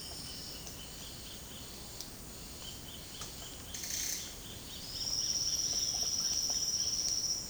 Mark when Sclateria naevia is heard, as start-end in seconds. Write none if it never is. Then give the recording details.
4.81-7.49. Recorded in secondary vegetation near Puerto Asís, Putumayo, Colombia, on 19 February 2024 at 09:30. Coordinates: 0.468, -76.324. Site G6381